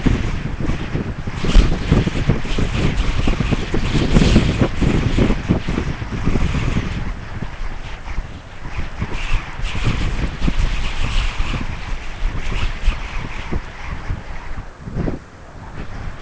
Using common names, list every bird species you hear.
none